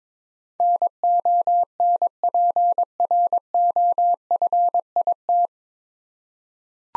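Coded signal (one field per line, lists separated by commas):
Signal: Morse code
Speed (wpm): 22 wpm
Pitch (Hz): 700 Hz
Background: none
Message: NONPROFIT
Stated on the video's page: Head-copy Morse drill of nine-letter words at 22 wpm, each word sent, spoken, then sent again.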